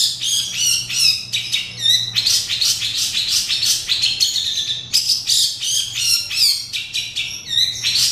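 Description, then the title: Oriental magpie-robin song: a continuous, busy stream of varied whistles, squeaky notes and chirps, rising and falling in quick succession. Singing (kicau). "Kicau Kacer"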